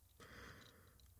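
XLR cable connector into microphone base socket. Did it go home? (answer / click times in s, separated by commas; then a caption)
no / none. An XLR cable connector is pushed into the socket in the base of an Aston Element microphone, but it fails to latch because the connection is not positive and has not gone in. A soft, breathy rustling noise starts around 0.2 s and fades after 0.7 s, with a faint small tick near 1.0 s. Nothing has seated or clicked yet.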